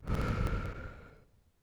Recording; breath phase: one breath near a microphone; exhalation